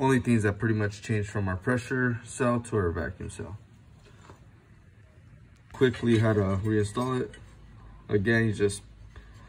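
Someone talks while reinstalling an internal part into a 2-inch ozone reaction chamber housing, comparing the vacuum cell with the pressure cell. The part is handled, with a few faint short ticks at about 4.3 and 9.2 seconds. The part has not yet been pushed down and nothing has clicked into place yet.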